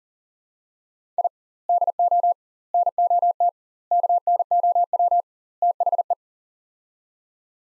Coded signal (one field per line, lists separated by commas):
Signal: Morse code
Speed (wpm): 40 wpm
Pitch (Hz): 700 Hz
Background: none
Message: I DO NOT KNOW THE